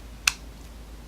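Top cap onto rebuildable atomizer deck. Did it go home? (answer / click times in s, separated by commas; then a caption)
yes / 0.3 s. A top cap is put onto a rebuildable atomizer deck and given a small twist until it locks. A single sharp, bright click is heard at 0.3 s, and the cap is seated and locked in place.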